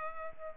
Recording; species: mosquito wingbeat signal from an infrared sensor; Culex pipiens